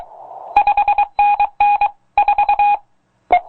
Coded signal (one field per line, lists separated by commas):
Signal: Morse code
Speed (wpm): 23 wpm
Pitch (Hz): 820 Hz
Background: none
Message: 5NN 4